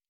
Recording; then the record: hydrophone in a shrimp aquaculture tank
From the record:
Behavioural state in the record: normal